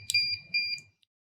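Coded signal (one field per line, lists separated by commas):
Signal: beep code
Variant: USAutomatic wireless keypad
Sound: two short high-pitched beeps close together, preceded by a click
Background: low hum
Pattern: 2 short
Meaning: The master password has been reset to the factory default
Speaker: your keypad should beep twice letting you know that the master password has been reset back to the factory default of one one one one one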